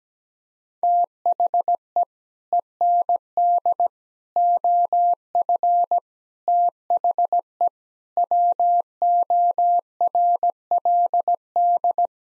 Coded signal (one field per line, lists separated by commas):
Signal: Morse code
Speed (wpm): 17 wpm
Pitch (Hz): 700 Hz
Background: none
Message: THE END OF THE WORLD